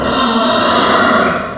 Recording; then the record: squeal of a Yucatan mini pig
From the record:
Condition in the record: after surgery on the right vocal fold (resection and tissue-engineered implant); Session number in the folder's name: 15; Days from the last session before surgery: 175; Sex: female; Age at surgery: 19 weeks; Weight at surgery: 25 kg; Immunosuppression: prednisolone